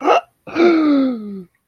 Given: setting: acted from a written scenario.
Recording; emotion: vocal sound without words; distress